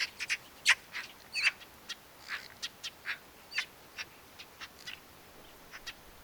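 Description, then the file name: Eurasian magpie uttering scattered harsh, clipped notes at an uneven pace, several louder near the start and softer ones later. "Pica pica"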